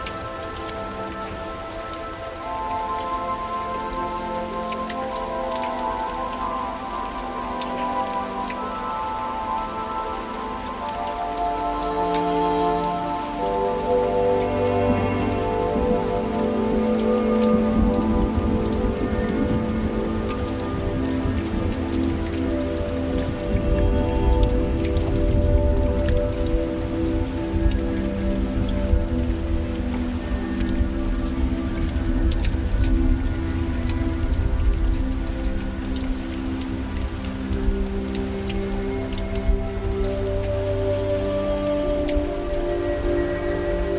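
Rain falls outside a window, a steady dense patter with a low rumble underneath. It grows heavier after about twelve seconds and stays full through the end. Faint held tones run through the background, like distant music or a hum indoors.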